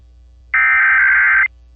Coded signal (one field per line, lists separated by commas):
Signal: Emergency Alert System (SAME) tones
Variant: header bursts